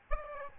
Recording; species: mosquito wingbeat signal from an infrared sensor; Aedes albopictus